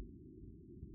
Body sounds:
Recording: neck accelerometer signal played as sound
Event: no cough (speech, laughter, throat clearing or background)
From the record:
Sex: female

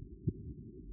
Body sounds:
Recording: neck accelerometer signal played as sound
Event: no cough (speech, laughter, throat clearing or background)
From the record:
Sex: male

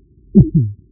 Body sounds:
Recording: neck accelerometer signal played as sound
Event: voluntary cough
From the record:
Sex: male

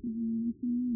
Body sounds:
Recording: neck accelerometer signal played as sound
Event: no cough (speech, laughter, throat clearing or background)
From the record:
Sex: male

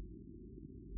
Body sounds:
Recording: neck accelerometer signal played as sound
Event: no cough (speech, laughter, throat clearing or background)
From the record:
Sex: female

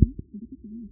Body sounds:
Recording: neck accelerometer signal played as sound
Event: no cough (speech, laughter, throat clearing or background)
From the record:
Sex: male

